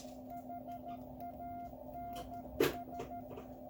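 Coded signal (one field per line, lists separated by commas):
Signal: Morse code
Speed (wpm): 13 wpm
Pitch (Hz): 700 Hz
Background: none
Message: HANS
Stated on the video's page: Morse from a QCX+ 5W QRP CW transceiver kit.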